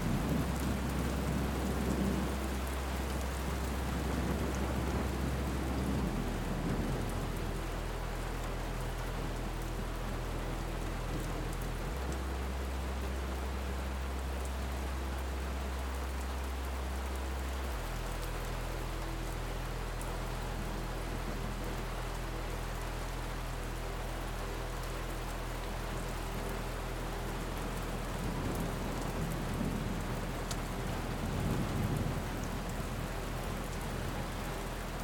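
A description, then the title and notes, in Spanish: Thunder rumbles low over a steady, dense hiss of rain, with deeper rolls near the start and again around the half-minute mark. Beneath it, a soft, deep melody holds long notes that shift every few seconds, keeping a calm, even loudness throughout. El TRUENO y una Dulce MELODÍA. El estruendo del trueno se encuentra con la delicadeza de una melodía relajante. Entre cielos tormentosos y notas suaves.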